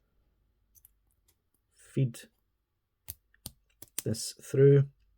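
A plastic weapon part is handled and fed through a storage mount on a 1/144 HG High Grade RX-79G Ez8 Gundam plastic model kit, with light plastic taps and clicks while someone talks. The part has not seated or clicked into place yet.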